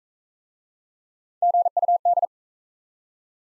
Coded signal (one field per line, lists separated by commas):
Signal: Morse code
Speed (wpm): 38 wpm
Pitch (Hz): 700 Hz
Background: none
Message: GUD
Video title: Top 20 QSO Elements - Speed-Racing - 28wpm